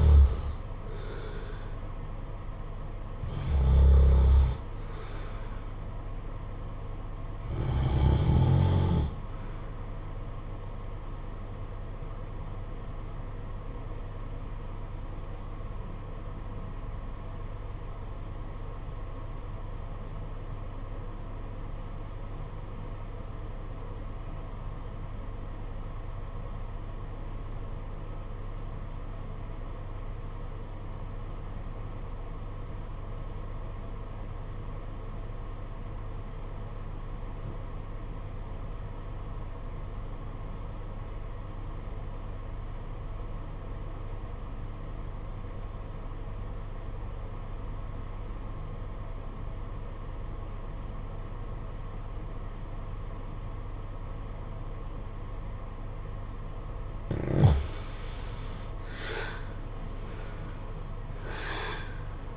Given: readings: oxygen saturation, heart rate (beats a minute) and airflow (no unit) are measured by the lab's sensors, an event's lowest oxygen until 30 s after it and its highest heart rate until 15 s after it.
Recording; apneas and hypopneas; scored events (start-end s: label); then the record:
breathing in sleep by a smartphone at the bedside; 1
14.00-57.10 s: obstructive apnea (REM, oxygen 96% highest, then 75% lowest, heart rate 54 at the start, 80 highest)
From the record:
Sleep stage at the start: REM sleep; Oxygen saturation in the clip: 76 to 96%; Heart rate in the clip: 52 to 74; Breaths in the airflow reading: 5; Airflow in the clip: -10.2 to 14.3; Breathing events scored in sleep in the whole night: 476 in 9.7 hours asleep